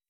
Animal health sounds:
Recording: hydrophone in a shrimp aquaculture tank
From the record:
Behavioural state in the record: weakened

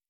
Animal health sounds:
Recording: hydrophone in a shrimp aquaculture tank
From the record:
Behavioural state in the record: normal

